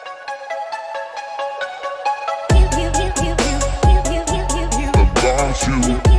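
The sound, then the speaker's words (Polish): A short Polish radio station jingle: bright, bell-like synth notes play a quick melody alone, then heavy bass and punchy drum hits kick in with a steady, driving beat for the rest. “Ten sygnał się przyda”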